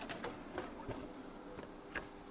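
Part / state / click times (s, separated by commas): wash box into oven cavity / not seated / none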